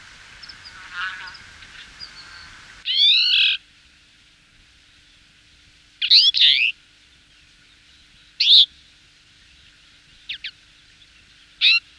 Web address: Twite